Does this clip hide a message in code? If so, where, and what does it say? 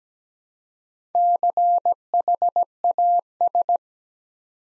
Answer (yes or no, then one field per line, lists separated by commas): yes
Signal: Morse code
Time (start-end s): 1.1-3.8 s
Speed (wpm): 17 wpm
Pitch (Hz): 700 Hz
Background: none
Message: CHAS